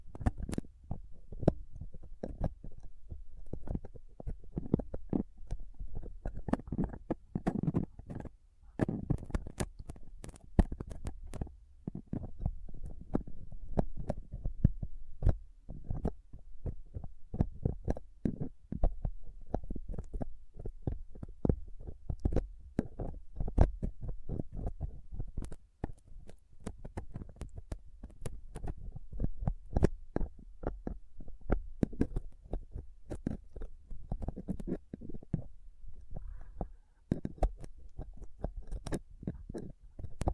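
A microphone is roughly picked and scraped with a dental pick, tweezers and cotton swab, producing dense, irregular clicks and scratches over a low rumble.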